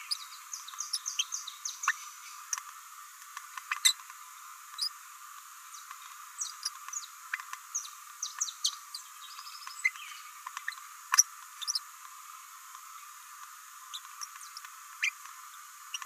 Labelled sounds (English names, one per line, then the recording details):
Green-rumped Parrotlet babbling
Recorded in a nest box in Venezuela
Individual 18B17A4